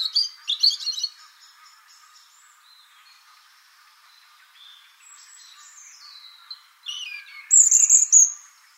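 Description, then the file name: European robin song: a brief jumble of high warbled notes, a long near-silent gap with faint sounds, then a sliding whistle and a bright, high twittering flourish. "Erithacus rubecula"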